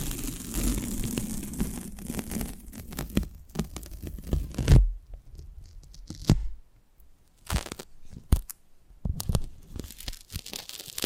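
Close-up mic treatment: dense rustling and crackling handling noise with a low rumble fills the first four and a half seconds. A hard thump then cuts it off, leaving near silence broken by short scattered bursts of crinkling and tearing scratches.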